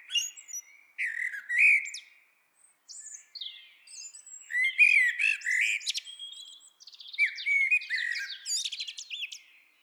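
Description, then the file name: Eurasian blackbird song: short phrases of low fluted, warbling whistles, each ending in high squeaky twitters, repeated with brief pauses between them. "Turdus merula"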